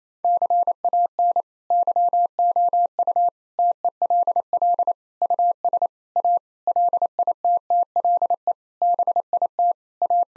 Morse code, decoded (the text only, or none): CAN YOU TELL US A LITTLE BIT A